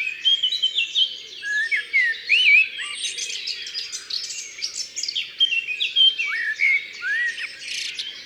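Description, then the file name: Eurasian blackcap warbling song, fast varied notes mixed with clear, slurred whistles repeated through the passage. Recorded in Ardèche. "Fauvette-A-Tete-Noire-Concerts-Naturels-De-l Ardeche"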